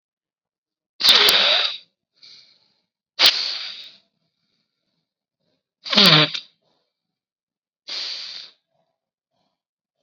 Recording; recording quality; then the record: deep breathing; excellent, no background noise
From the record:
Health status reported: COVID-19 positive, mild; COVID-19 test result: positive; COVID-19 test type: rapid antigen test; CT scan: not taken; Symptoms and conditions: cough, fatigue, muscle pain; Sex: male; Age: 25 years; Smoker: no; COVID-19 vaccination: both doses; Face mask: worn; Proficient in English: yes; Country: India